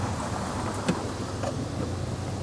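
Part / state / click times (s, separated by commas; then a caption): wiring harness plug onto headlight bulb base / not seated / none. On a 2004 Dodge Stratus, the wiring harness plug is being pushed back onto the base of a newly replaced headlight bulb. A steady low rumble continues throughout, with a brief handling knock at 0.9 s. The plug has not snapped on yet; nothing has seated or clicked.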